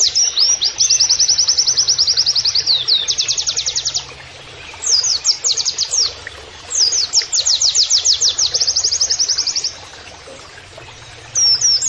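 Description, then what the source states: White-eye singing rapid, high chattering trills of sharp repeated notes, delivered in bursts of several seconds separated by short pauses. Persistently singing (gacor) white-eye (pleci) with canary-like phrases (nembak kenarian), used as masteran training audio.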